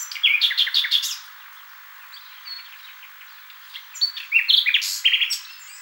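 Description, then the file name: Common nightingale singing: a burst of varied, chirpy notes, a quiet pause with only faint notes, then a louder phrase of sharp, varied notes near the end. "Luscinia megarhynchos"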